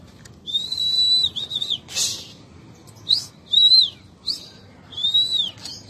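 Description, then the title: Oriental magpie-robin song: clear, high whistled phrases, some drawn out and arching, others short upward sweeps, with a brief harsh rasp between them over faint low background hum. "Kacer"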